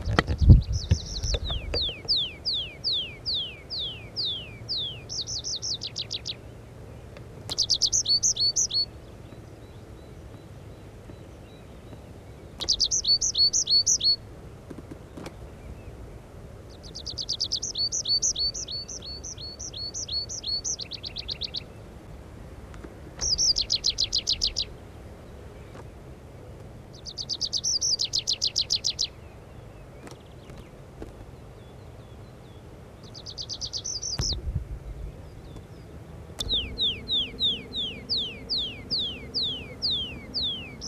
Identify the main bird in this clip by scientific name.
Anthus trivialis